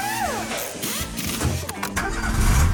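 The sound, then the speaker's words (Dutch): A car engine cranks with a whirring starter, then catches and settles into a steady, rumbling idle that grows slightly louder toward the end. “Wel altijd kunnen rekenen op je auto?”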